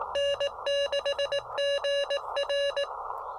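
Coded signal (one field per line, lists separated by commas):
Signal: Morse code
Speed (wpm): 18 wpm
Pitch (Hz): 600 Hz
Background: none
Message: N6GR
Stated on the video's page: Morse from a SOTA summit activation of Mount Pisgah using an Elecraft KX2 and a CHA MPAS Lite antenna.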